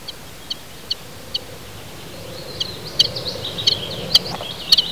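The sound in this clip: Common chiffchaff song: high, sharp single notes repeated about twice a second, faint at first and then clearer, over a low background hiss.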